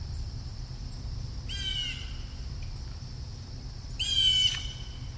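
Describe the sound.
Bird giving two harsh, buzzy squawks rich in harmonics, a couple of seconds apart, over a steady high hiss and low rumble.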